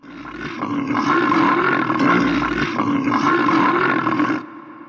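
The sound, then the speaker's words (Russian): A bear, bitten in its left eye, lets out one long, harsh roar of agony, loud and sustained for over four seconds, with a rough, strained growling tone before it cuts off abruptly. “Челюсти сомкнулись, медведь взревел. Это был не просто звук, это был вопль.”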